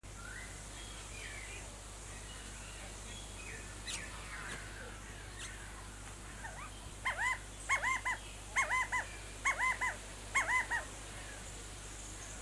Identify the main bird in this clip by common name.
White-crested Laughingthrush